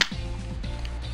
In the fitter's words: ก็จะเข้าล็อกนะครับ